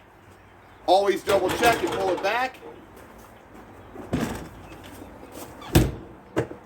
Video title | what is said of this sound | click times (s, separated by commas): Let's chat: camper solid step by Lippert | are these latches clicking over to make sure it's locked | 5.8 s